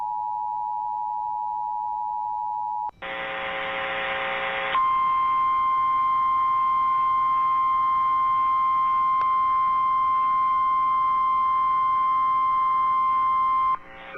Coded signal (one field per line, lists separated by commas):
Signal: Emergency Alert System (SAME) tones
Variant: 853 and 960 Hz attention tone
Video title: Child Abduction Emergency For Tennessee ON WJON [EAS #579]